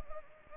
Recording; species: mosquito wingbeat signal from an infrared sensor; Anopheles arabiensis